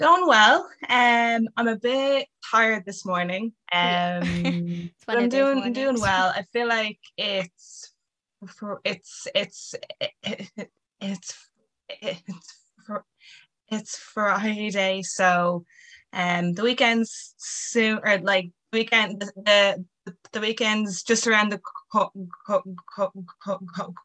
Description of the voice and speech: A 23-year-old college graduate! She has been stuttering since the age of 3 and has been in and out of speech therapy.